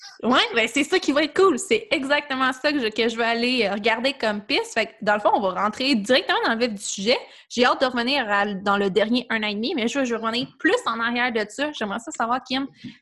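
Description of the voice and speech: A woman interviewer speaks Quebec French fluently and clearly at an easy conversational pace, voice ordinary, indoors, during an interview with entrepreneur Kim Auclair.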